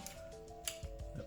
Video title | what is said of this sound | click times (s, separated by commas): Transformers Review: Studio Series 44 Optimus Prime | plugs in pretty firmly to kind of snaps into place | 0.7 s